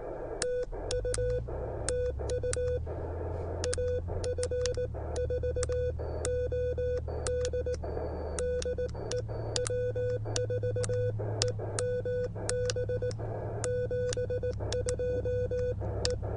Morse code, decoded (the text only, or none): TU TU AF4OD DE W4EMB 72E